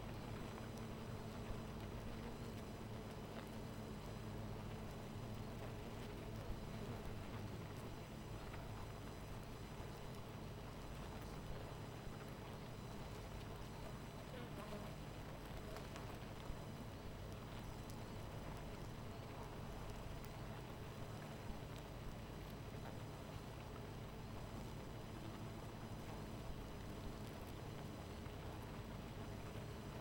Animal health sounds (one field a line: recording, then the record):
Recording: honeybee colony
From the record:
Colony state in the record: missing queen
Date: 14 July 2017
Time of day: 18:42